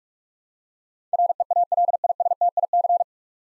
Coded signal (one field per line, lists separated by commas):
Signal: Morse code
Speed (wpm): 42 wpm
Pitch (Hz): 700 Hz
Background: none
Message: REALISTIC